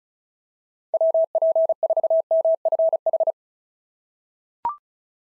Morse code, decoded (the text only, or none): WP4MFH